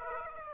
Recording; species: mosquito wingbeat signal from an infrared sensor; Aedes aegypti